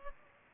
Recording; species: mosquito wingbeat signal from an infrared sensor; Culex pipiens